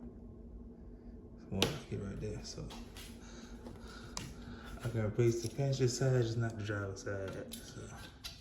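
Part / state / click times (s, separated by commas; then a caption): wiper blade onto windshield wiper arm / not seated / none. A windshield wiper blade is handled at the wiper arm of a 2021 BMW 7 Series, with only the passenger-side blade being replaced and not the driver's side. Someone talks throughout, with faint handling sounds and a brief sharp tap around 4.2 seconds. Nothing has seated or clicked yet.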